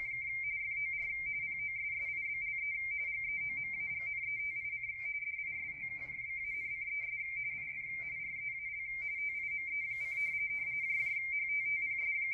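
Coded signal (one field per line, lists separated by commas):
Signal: RTTY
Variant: W1AW bulletin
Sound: steady warbling two-tone teletype chatter near 2 kHz throughout, with faint voice behind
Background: room talk, low hum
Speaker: so this is the decoding from the Jesus who has rtt1 decoding capabilities on the 80 meter band of that bulletin right now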